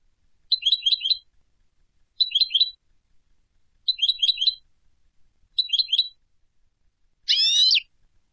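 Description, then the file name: European goldfinch calls in short tinkling bursts of three or four notes, repeated at regular intervals, ending with a harsher, buzzier note. "Carduelis carduelis"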